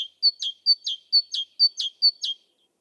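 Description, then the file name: Great tit song: five quick high-low phrases, a thin whistle followed by a lower downslurred note, repeated about twice a second in a clean, quiet background. "Parus major"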